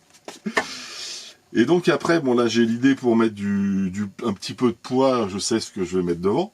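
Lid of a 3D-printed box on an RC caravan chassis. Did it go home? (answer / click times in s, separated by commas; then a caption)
yes / 0.6 s. The lid of a small decorative 3D-printed plastic box, mounted on the back of an RC caravan chassis, is pressed closed and clips shut with a sharp snap at 0.6 s. Someone then talks.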